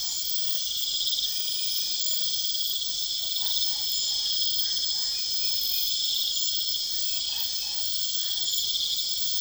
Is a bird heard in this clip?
no